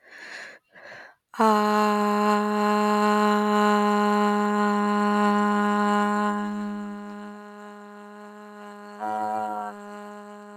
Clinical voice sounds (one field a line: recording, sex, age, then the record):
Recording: vowel held as long as possible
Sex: female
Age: 30 to 39 years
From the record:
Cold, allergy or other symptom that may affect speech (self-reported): no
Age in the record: 38 years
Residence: Missouri, United States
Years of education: 17